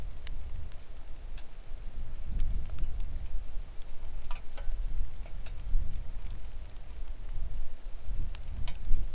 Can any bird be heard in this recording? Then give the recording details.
no. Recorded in the Arctic National Wildlife Refuge, Alaska, on 3 August 2019 at 09:31. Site 41